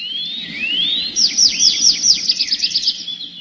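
A thrush trills in a forest: a rising whistle leads into a rapid run of bright, high, downward-sweeping chirps, repeated quickly and clearly over a faint low background hum.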